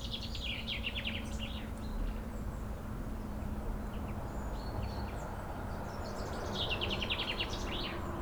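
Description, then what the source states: Common Chaffinch song: a fast trill phrase, heard twice, at the start and again near the end, over a steady low rumble. Chaffinch singing near Chindrieux's oldest tree, a centuries-old lime tree, in a neighbourhood park in Chindrieux, France.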